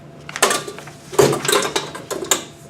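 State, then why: Seated. A mixing bowl without a flat bottom, with a dimpled ridge running straight up and down, is placed onto the two side mounts of a mixer base and pushed down into place. Amid a few other short knocks and rattles, sharp clicks are heard at 0.4 s and 2.3 s as it is pushed down. The bowl is seated.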